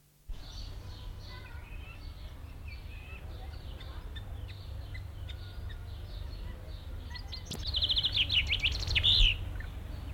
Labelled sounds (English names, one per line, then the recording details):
Common Chaffinch
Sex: male
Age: adult
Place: Zoo Dresden, Sachsen, DE
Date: 1993-05-17 13:39
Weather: heiter, 22-26 °C
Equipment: Sony WM-D6C, Sennheiser ME 80, Kopie Uher Variocord 263
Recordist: Tembrock, Günter